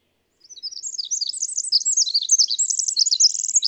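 Bird song begins after a short silence, a fast high twittering of chirps and trills that grows louder toward the end.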